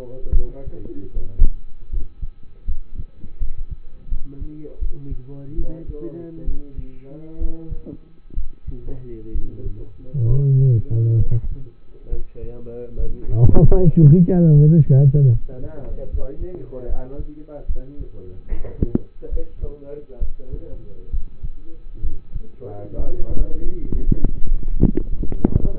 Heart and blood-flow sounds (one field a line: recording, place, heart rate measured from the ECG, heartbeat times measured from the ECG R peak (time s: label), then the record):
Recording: heart sounds by stethoscope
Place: between the tricuspid and mitral areas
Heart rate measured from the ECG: 71 bpm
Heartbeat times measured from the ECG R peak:
0.34 s: heartbeat
1.14 s: heartbeat
1.90 s: heartbeat
2.65 s: heartbeat
3.38 s: heartbeat
4.09 s: heartbeat
4.79 s: heartbeat
5.56 s: heartbeat
6.45 s: heartbeat
7.38 s: heartbeat
8.34 s: heartbeat
9.32 s: heartbeat
10.25 s: heartbeat
11.17 s: heartbeat
12.09 s: heartbeat
12.95 s: heartbeat
13.75 s: heartbeat
14.54 s: heartbeat
15.32 s: heartbeat
16.09 s: heartbeat
16.86 s: heartbeat
17.67 s: heartbeat
18.49 s: heartbeat
19.29 s: heartbeat
20.19 s: heartbeat
21.10 s: heartbeat
22.01 s: heartbeat
22.96 s: heartbeat
23.91 s: heartbeat
24.78 s: heartbeat
25.60 s: heartbeat
From the record:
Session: rest, lying down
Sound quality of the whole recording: partially saturated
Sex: male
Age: 27 years